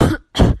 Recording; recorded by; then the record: voluntary cough; messaging app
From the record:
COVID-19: negative